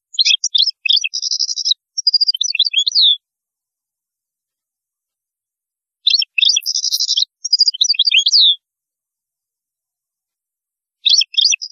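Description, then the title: European goldfinch song: quick tinkling twitters and buzzy trills in two long bursts separated by silence, then a short burst at the end; no other sounds. "Chant Chardonneret"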